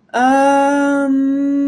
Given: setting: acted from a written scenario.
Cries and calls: vocal sound without words; confusion

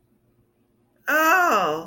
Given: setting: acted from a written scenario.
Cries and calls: vocal sound without words; elation

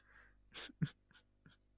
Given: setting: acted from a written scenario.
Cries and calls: vocal sound without words; sadness

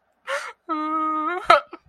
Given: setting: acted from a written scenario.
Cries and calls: vocal sound without words; sadness

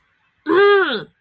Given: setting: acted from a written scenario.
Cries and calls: vocal sound without words; anger

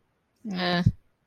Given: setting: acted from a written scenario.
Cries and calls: vocal sound without words; neutral

